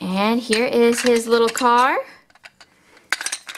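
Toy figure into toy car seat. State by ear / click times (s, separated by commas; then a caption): seated / 3.1 s. Someone talks, then a small plastic Bot toy figure is pressed into the seat of its little plastic toy car. After a few faint taps, a sharp click at 3.1 s is followed by a quick cluster of smaller clicks as the figure snaps into the seat.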